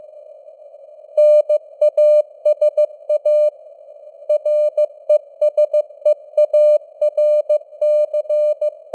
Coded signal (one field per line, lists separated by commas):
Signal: Morse code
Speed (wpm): 15 wpm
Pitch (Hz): 600 Hz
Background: none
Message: NASA RESEARC